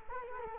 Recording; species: mosquito wingbeat signal from an infrared sensor; Culex quinquefasciatus